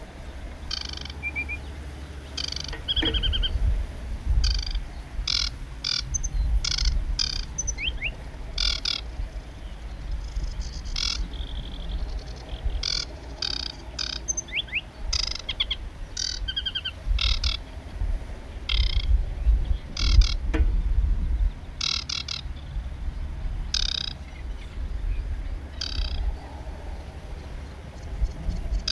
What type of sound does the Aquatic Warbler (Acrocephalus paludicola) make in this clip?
song